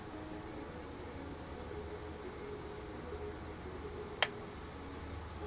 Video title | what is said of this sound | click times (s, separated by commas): Building the 1/35 ROK K2 Black Panther tank, by Academy. Part 1 | kind of snapped into place there i don't think i should have done that just quite yet so | 4.2 s